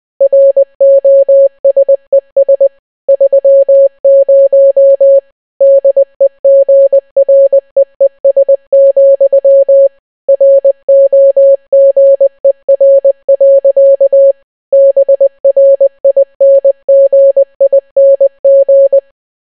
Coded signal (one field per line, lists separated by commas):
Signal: Morse code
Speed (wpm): 20 wpm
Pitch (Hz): 550 Hz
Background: none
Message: ROSES 30 DEGREES, ROGER. BRINGING